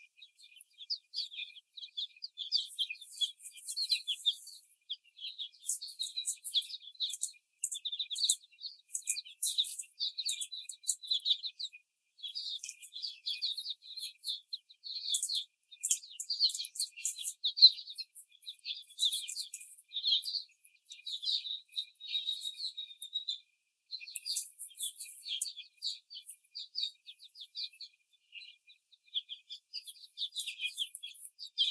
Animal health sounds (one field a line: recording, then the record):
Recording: young laying hens in a cage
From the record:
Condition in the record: before the stressor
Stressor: simulated dog barking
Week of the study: 4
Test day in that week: 3